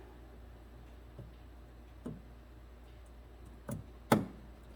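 An electrical connector, coated with dielectric grease, is pushed onto a new EVAP canister vent solenoid on a 2015 Nissan Rogue being repaired for code P0447. Faint taps at about 2.1 and 3.7 seconds lead to a sharp click at 4.1 seconds. The connector clicks but is not fully seated, and the code comes back.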